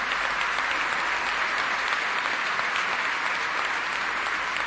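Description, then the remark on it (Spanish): A crowd applauds workers of a cooperative, a dense wash of many hands clapping at an even, sustained loudness for several seconds with no voices standing out. “Un gran aplauso para la gente de la cooperativa Renacer.”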